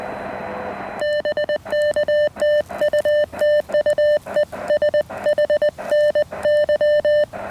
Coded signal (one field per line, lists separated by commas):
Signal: Morse code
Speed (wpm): 20 wpm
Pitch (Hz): 600 Hz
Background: none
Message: BK TU TU ES HNY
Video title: 28° of Activation: Radio-Active Therapy with the Elecraft KX1!